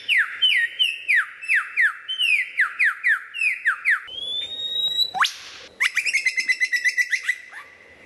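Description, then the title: White-rumped shama song: loud rapid series of downslurred whistles, then a long rising whistle and a sweeping upward note, followed by another fast run of bright whistled notes. Described as the best murai batu of 2014; a mastering (song-tutor) recording for training other birds. "mster Mnuk. Mastering Murai Batu"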